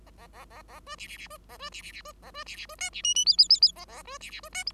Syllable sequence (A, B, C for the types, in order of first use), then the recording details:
A A A A B C C C B A B C C C B A B C C B D C E E F F F F A A B C C B D G. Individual Bird5